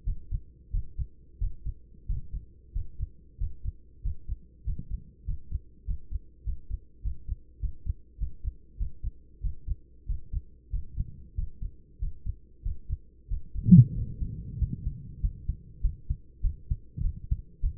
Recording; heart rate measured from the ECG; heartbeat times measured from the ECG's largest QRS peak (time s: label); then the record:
heart sounds by stethoscope; 96 bpm
0.04 s: heartbeat
0.71 s: heartbeat
1.38 s: heartbeat
2.06 s: heartbeat
2.72 s: heartbeat
3.37 s: heartbeat
4.01 s: heartbeat
4.63 s: heartbeat
5.24 s: heartbeat
5.84 s: heartbeat
6.43 s: heartbeat
7.01 s: heartbeat
7.59 s: heartbeat
8.17 s: heartbeat
8.77 s: heartbeat
9.40 s: heartbeat
10.06 s: heartbeat
10.70 s: heartbeat
11.35 s: heartbeat
11.99 s: heartbeat
12.62 s: heartbeat
13.27 s: heartbeat
13.94 s: heartbeat
14.58 s: heartbeat
15.21 s: heartbeat
15.81 s: heartbeat
16.42 s: heartbeat
17.02 s: heartbeat
17.61 s: heartbeat
From the record:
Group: healthy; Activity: Valsalva maneuver 0-16 s, rest 16-18 s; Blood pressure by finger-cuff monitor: 128/73 mmHg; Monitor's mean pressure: 87 mmHg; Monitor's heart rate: 94 bpm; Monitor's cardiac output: 8.6 L/min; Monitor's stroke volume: 90 mL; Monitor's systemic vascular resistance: 740 dyn s/cm5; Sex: male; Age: 24 years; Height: 184 cm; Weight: 89 kg